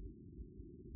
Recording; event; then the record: neck accelerometer signal played as sound; no cough (speech, laughter, throat clearing or background)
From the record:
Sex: male